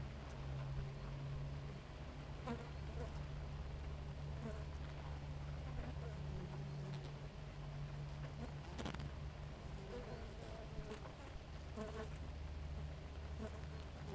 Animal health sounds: honeybee colony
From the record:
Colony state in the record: active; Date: 28 July 2017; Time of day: 4:31

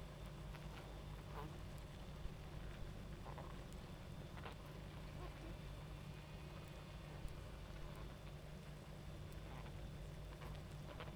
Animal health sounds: honeybee colony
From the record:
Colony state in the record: active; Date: 28 July 2017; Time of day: 23:20

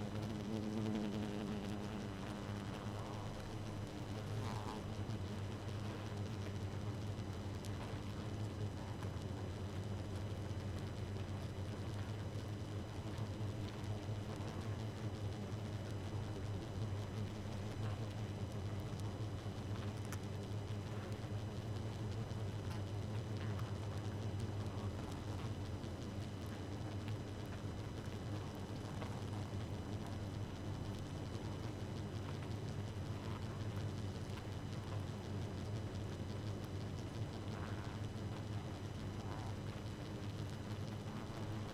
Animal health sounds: honeybee colony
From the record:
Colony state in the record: active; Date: 12 June 2018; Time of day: 2:22

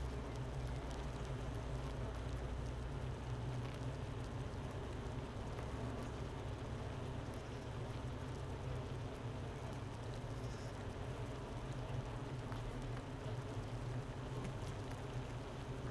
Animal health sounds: honeybee colony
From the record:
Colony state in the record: missing queen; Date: 31 May 2018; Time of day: 10:38

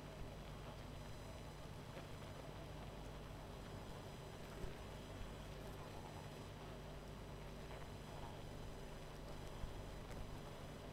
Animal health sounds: honeybee colony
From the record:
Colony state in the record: missing queen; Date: 14 July 2017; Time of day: 20:41

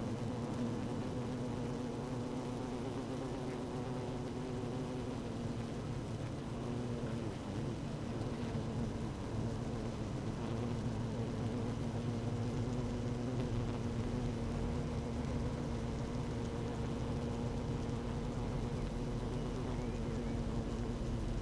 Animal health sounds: honeybee colony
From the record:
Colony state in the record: active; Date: 12 June 2018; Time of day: 15:52

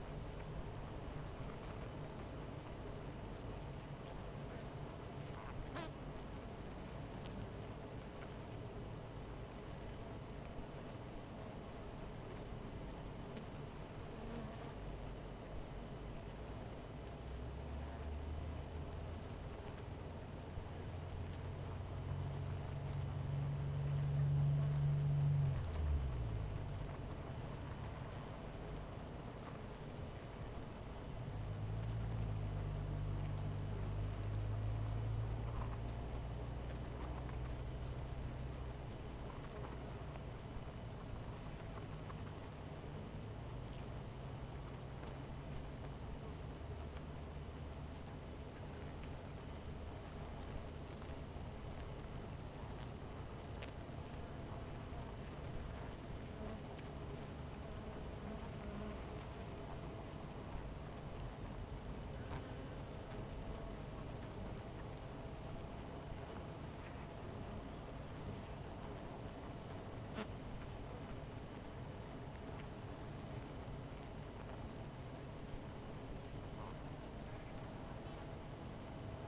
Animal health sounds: honeybee colony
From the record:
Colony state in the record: missing queen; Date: 14 July 2017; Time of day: 17:38

